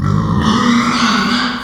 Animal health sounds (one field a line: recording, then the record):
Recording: squeal of a Yucatan mini pig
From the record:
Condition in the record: after surgery on the right vocal fold (resection and tissue-engineered implant)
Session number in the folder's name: 16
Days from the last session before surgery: 183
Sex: female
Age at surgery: 19 weeks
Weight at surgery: 25 kg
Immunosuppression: prednisolone